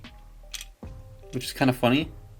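The plastic waist swivel joint of a Transformers Legacy Generations Selects Guard action figure is rotated back toward its forward detent position, with a couple of brief handling ticks around 0.6 and 0.8 seconds. Someone talks over a low background hum. The joint has not clicked back into place yet.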